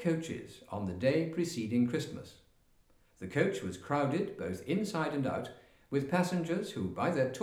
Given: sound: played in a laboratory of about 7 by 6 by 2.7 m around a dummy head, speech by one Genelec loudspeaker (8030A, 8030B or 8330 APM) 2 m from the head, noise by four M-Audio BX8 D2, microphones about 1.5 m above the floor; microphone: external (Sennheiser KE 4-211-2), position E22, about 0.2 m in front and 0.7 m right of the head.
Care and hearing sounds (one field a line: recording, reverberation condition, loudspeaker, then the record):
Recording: male speech in English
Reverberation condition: medium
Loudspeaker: 60 degrees to the right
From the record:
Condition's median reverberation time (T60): about 510 ms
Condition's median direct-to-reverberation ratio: about -0.5 dB